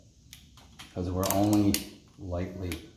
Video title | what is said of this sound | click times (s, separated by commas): Volvo Penta DPS Checking Gear Contact Pattern | here the torque wrench click because | 0.3 s